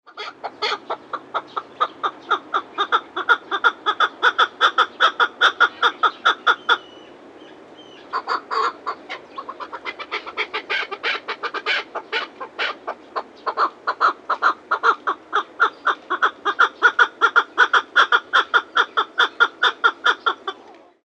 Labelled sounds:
Rock Partridge (Alectoris graeca)
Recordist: Tembrock, Günter
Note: Rufreihen

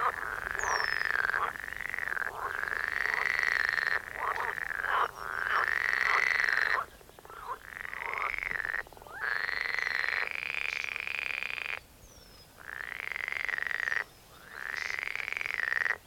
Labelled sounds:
Red-necked Grebe (Podiceps grisegena) call
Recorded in the wild
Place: Karower Teiche, Naturpark Barnim, Berlin, DE
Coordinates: 52.623, 13.46
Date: 1992-06-14 10:12
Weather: sonnig (heiter), 19-22°C
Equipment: Nagra SN, Mikrofon AKG CK 8, Kopie Tesla B 116
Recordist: Tembrock, Günter

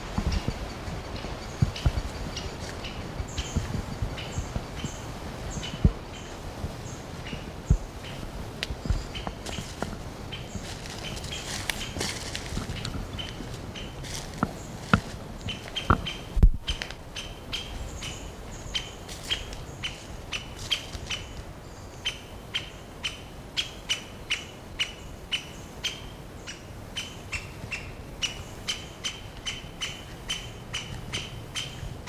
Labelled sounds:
Great Spotted Woodpecker (Dendrocopos major) call
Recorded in the wild
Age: diverse
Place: Mühlenbecker Wald, Brandenburg, DE
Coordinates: 52.6833, 13.4
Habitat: forest
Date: 1988-06-04 11:44
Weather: bedeckt, 18-20°C, Wind
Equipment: Nagra SN, Kopie Tesla B 116
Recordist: Tembrock, Günter

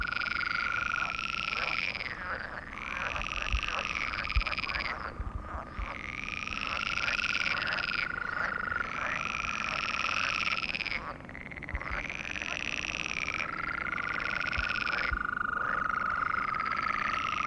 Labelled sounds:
Green Toad (Bufo viridis) call
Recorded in the wild
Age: adult
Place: Malchower Aue, Berlin, DE
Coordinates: 52.5817, 13.4869
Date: 1990-05-20 21:50
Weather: Temperatur: Luft - 14,5°C, Wasser - 20,5°C
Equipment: Uher 4400 Report Monitor, Sennheiser MKH 416 T
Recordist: Frommolt, Karl-Heinz

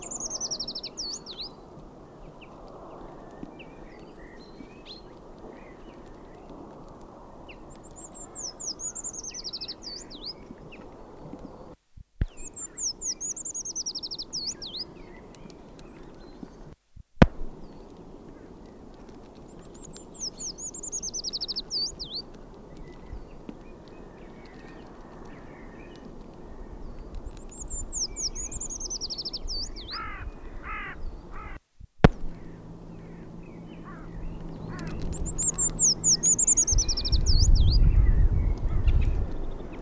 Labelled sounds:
Eurasian Treecreeper (Certhia familiaris) song
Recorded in the wild
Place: Garmisch-Partenkirchen, Bayern, DE
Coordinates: 47.4917, 11.0794
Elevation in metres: 703
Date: 1967-03-25
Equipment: Nagra
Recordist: Tretzel, Erwin

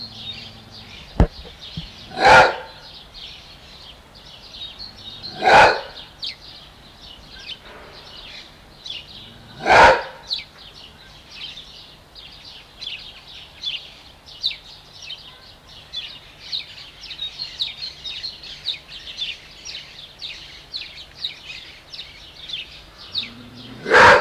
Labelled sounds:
Maned Wolf (Chrysocyon brachyurus)
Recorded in captivity
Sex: male
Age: adult
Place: Zoo Halle, Sachsen-Anhalt, DE
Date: 1993-04-26 16:39
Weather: fair, 26°C
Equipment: Sony WM-D6C, Sony ECM-939 LT, Kopie Uher Variocord 263
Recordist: Tembrock, Günter
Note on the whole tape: Knurren bis Bellen gegen Assistenten

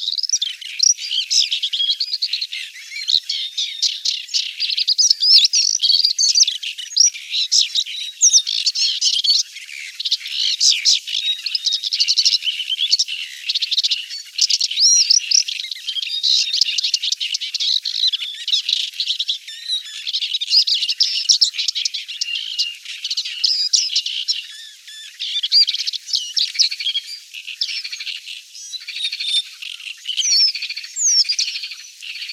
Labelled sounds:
Paddyfield Warbler (Acrocephalus agricola) song
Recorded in the wild
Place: Astrachan/Kalmückensteppe, Kalmykia, RU
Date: 1993-05-27
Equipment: Dat-Recorder Casio DA 7, Telinga DAT, Telinga-Parabolspiegel
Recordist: Schwarz, Dieter
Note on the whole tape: Song

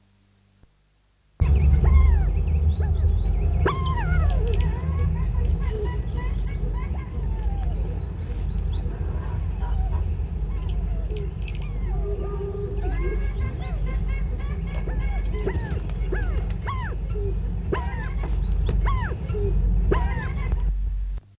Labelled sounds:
Wattled Curassow (Crax globulosa) call
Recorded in captivity
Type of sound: call
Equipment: Halbspur, 9,5 cm/s
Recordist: Lütgens, Hans
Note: Zooaufnahme - keine Ortsangabe: Rufe

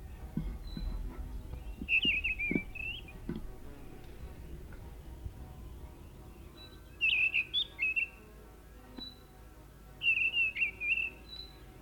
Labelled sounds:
Mistle Thrush (Turdus viscivorus) song
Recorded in the wild
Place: Lakatnik, Sofia, BG
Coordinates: 43.053, 23.409
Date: 1974-05-19
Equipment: Nagra III BH, Sennheiser MD 21, parabola
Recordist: Schubert, Michael

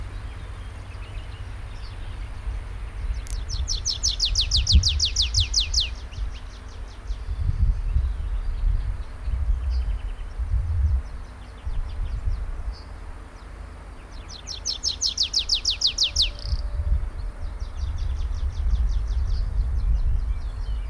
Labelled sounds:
Tree Pipit (Anthus trivialis)
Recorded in the wild
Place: Karower Teiche, Naturpark Barnim, Berlin, DE
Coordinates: 52.62, 13.46
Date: 1996-05-19 12:21
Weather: sonnig, 24°C
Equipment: Sony MD-WM MZ-R3, Sennheiser MKH 416 T, Kopie Uher 4000 Report Monitor
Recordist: Tembrock, Günter

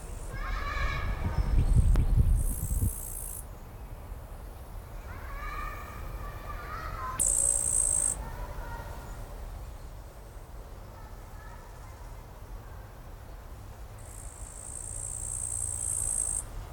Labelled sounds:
Upland Green Bush-cricket (Tettigonia cantans) stridulation
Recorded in the wild
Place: Eutin, Holsteinische Schweiz, Schleswig-Holstein, DE
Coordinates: 54.132, 10.614
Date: 1992-09-12 13:10
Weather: 14-20°C
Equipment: Marantz CP 430, Sennheiser ME 80, Kopie Tesla B 116
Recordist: Tembrock, Günter

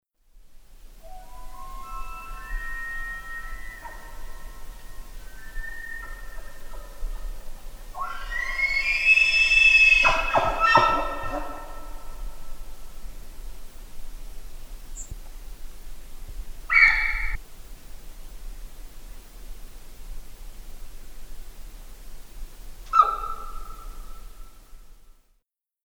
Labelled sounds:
Red Deer (Cervus elaphus)
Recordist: Frommolt, Karl-Heinz
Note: Wapiti: Brunftrufe

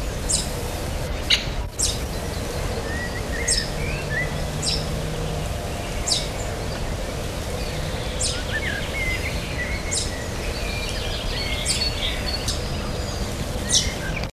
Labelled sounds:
Common Chaffinch (Fringilla coelebs) call
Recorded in captivity
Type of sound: call
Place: Wilseder Berg, Wilsede, Niedersachsen, DE
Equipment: Halbspur, 9,5 cm/s
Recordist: Lütgens, Hans
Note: Ein flügger Junger

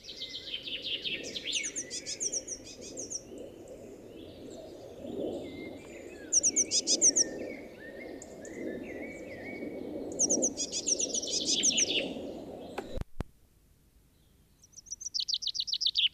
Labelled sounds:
Common Chaffinch (Fringilla coelebs) song
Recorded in the wild
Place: Kaiserslautern, Rheinland-Pfalz, DE
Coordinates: 49.4481, 7.78778
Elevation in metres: 241
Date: 1974-03-28
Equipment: Nagra IV, Sennheiser MKH 405, Parabolreflektor
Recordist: Tretzel, Erwin

